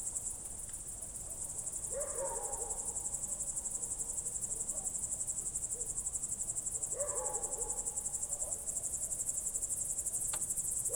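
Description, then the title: Cricket: a shrill, rapidly pulsed cricket chorus carries on steadily, with two short lower warbling sounds behind it. Night crickets heard through a window in Goworów, Poland, late evening of 18 July 2022, World Listening Day; recorded with Zoom F4 and AT BP4025. "Goworów 6, 57-515, Poland - World Listening Day/Night 18/07/2022-night crickets"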